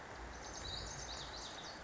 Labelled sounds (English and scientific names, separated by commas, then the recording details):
Lazuli Bunting (Passerina amoena)
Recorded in Sonoma County, California